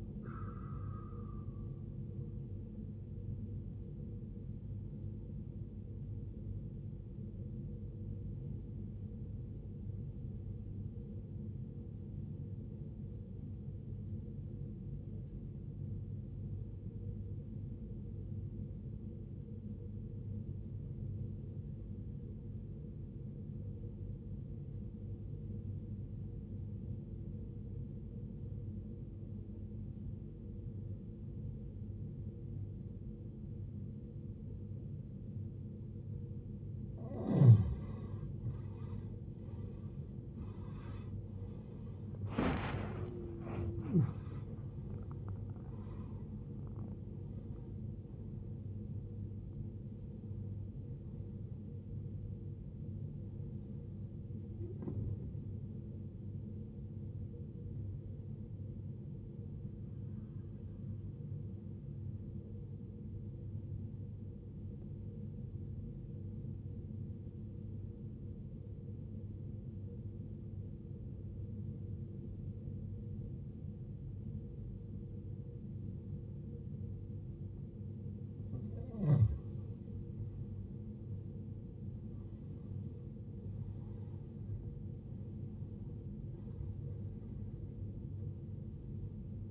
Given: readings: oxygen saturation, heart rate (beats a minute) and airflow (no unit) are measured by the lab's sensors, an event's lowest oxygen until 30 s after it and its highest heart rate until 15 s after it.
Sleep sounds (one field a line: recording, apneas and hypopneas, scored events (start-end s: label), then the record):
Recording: breathing in sleep by a smartphone at the bedside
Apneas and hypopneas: 2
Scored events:
9.00-36.10 s: obstructive apnea (N1, oxygen 94% highest, then 81% lowest, heart rate 53 at the start, 81 highest)
10.00-40.00 s: new sleep stage, N2 (light sleep)
40.00-89.51 s: new sleep stage, N1 (lightest sleep)
69.00-81.90 s: obstructive apnea (N1, oxygen 94% highest, then 89% lowest, heart rate 57 at the start, 72 highest)
From the record:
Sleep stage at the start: N1 (lightest sleep)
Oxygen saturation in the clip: 80 to 95%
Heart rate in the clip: 52 to 81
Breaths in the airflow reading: 12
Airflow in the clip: -17.7 to 17.3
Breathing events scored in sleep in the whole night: 389 in 6.3 hours asleep